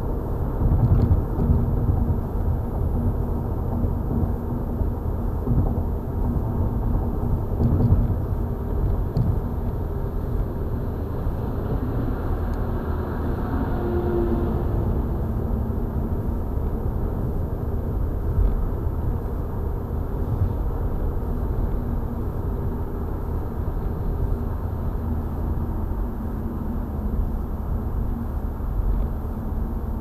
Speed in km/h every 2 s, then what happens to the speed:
92, 92, 92, 92, 92, 92, 92, 92, 92, 92, 92, 93, 93, 84, 83.
0-24 steady at about 92. 24-30 slows to 83.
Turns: none.